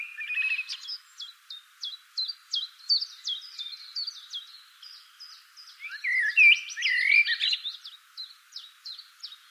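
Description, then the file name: Common blackbird calls: a steady run of sharp, short chip notes repeated rapidly, with a louder burst of warbled, scratchy notes midway. "Turdus merula"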